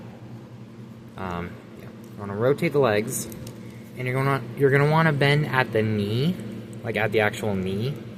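A man talks while the legs of a plastic transforming robot figure are rotated and bent at the knee joint, with faint handling noise beneath his voice. The plastic knee joint is handled but nothing has seated or clicked into place yet.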